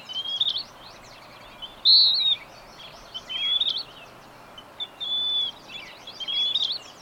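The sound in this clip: High whistled bird phrases recur irregularly, one loud note near two seconds, with busy twittering chirps and steady low background noise.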